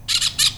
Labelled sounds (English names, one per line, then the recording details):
Brown-throated Parakeet contact call
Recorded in Venezuela
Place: Cerro Saroche, Hato Dalmatela, Edo. Lara
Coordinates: 10.149, -69.534